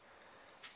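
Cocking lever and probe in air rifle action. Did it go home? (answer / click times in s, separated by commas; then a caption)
yes / 0.6 s. The cocking lever on a Weihrauch HW110 ST Polymer PCP air rifle is pushed forward against some resistance, driving the probe forward until the action locks closed; it is a little stiffer to lock forward than to pull back. Over a steady broadband hiss, a single sharp click sounds at 0.6 s as the lever locks forward and seats.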